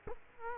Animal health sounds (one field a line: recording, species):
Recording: mosquito wingbeat signal from an infrared sensor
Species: Culex quinquefasciatus